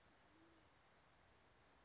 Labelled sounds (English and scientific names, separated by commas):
Band-tailed Pigeon (Patagioenas fasciata)